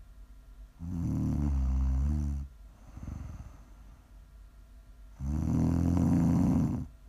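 An adult woman snoring in her sleep, ASMR snoring: two long, loud, low-pitched rattling snores on the inhale, each about 1.6 seconds, with a quieter breath in between.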